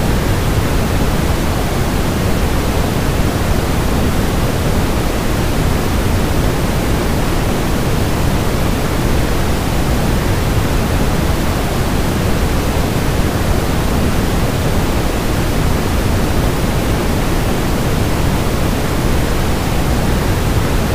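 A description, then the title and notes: A waterfall roars in a dense, unbroken rush, steady throughout with deep rumble beneath a bright hiss and no other sounds. Calming Sleep Waterfall Sounds. Calming natural waterfall.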